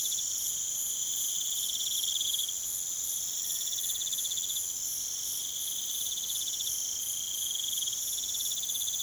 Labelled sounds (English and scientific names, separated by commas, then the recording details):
none
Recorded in pastures near Puerto Asís, Putumayo, Colombia, on 29 June 2025 at 01:30
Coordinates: 0.486, -76.323
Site H29